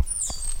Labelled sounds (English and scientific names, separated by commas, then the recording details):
Stitchbird (Notiomystis cincta) song
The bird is a male
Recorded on Tiritiri Matangi Island, New Zealand, in 2005
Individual 11, of nest box 13